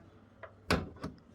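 A metal car bonnet is lowered onto its front latch and pressed down by hand until it catches. A faint tap comes first, then a loud broadband metallic clunk at 0.7 s as the latch seats. Quieter knocks follow, and the bonnet is left closed.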